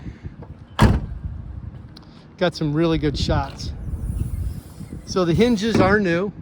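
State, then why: Not seated. In the interior of a 1979 Datsun 280ZX Slicktop with new hinges, a seat back is being folded and handled toward its latch and catch, with a sharp thump near 0.8 s and a faint tap near 2.0 s while someone talks. The seat back latch has not seated or clicked into place yet.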